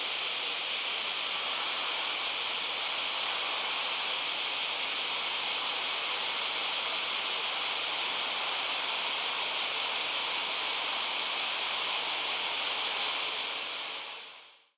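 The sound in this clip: Cicada call, a shrill unbroken buzz with a quick pulsing shimmer, holding steady and then fading out at the very end.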